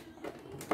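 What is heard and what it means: A cable connector is pushed into its socket on an embroidery machine's control board, with faint handling noises before a short, sharp click at 0.7 s. The connector went in too shallow and is not fully seated, so it has to be redone.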